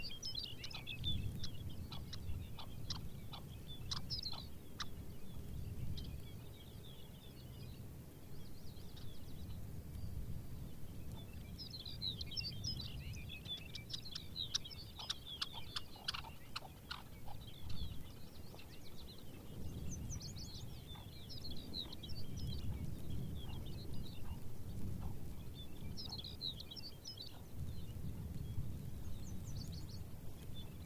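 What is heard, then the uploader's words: Arctic birds chatter and trill in bright, busy bursts through most of the recording, thickest around the middle and again near the end. Beneath them a steady low rumble of wind rises and falls, with a few sharp clicks near fifteen seconds. Arctic Wildlife Refuge. Listen to Ptarmigan, longspurs, rough legged hawks, red necked phalarope and the arctics very own bluethroat.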